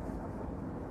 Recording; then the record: background sound without coughing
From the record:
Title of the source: Train Ride Ambience ambient white noise for sleeping, focus, studying, reading